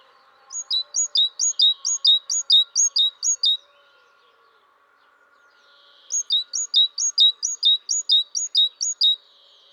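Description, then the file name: Great tit singing a ringing see-saw phrase many times, a pause, then another run of the same high two-note phrase. "Parus major"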